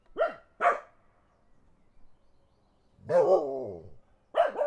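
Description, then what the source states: Dog giving two quick barks, then a longer drawn-out, wavering howl-like bark, and one more bark at the end. Dogs barking in the countryside as a car passes.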